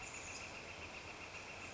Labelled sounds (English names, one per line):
Northern Flicker